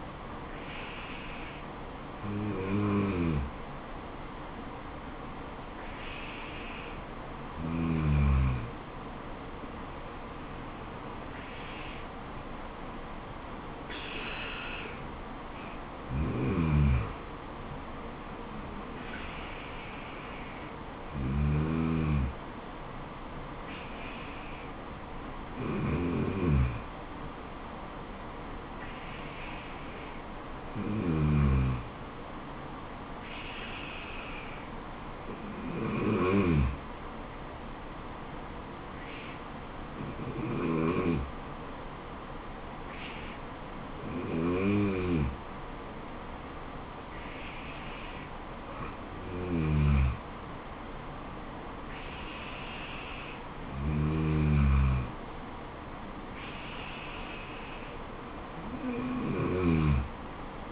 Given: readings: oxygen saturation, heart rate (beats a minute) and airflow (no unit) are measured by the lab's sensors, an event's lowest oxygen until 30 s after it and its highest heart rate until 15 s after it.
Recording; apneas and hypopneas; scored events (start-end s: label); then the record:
breathing in sleep by a voice recorder at the bedside; none
none scored
From the record:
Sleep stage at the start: N2 (light sleep); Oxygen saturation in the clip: 93 to 94%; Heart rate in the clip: 66 to 78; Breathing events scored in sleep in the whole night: 426 in 7.4 hours asleep